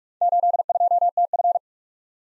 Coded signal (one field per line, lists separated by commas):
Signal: Morse code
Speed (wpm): 46 wpm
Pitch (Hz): 700 Hz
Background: none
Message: 82TF